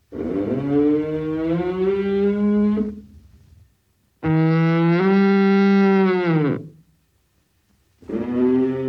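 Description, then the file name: Moose giving repeated drawn-out nasal moans, each a few seconds long, separated by short silences; a third call starts at the end. "Лось"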